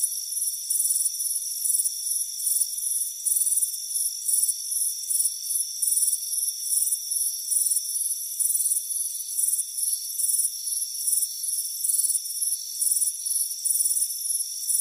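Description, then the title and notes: Crickets chirping steadily, high pulsed trills repeating over a continuous shrill insect chorus. "Soothing Crickets Chirping Sound. It's a warm afternoon as you relax in a hammock on the front porch. Deep Sleep Sounds"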